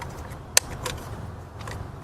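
A plastic electrical wiring connector is pushed back onto the ignition coil of a BMW Z4, after its locking tab is lifted, during a spark plug change. A sharp, loud click at 0.6 s shows it has seated, followed by softer ticks at about 0.9 s and 1.7 s over a low, steady rumble.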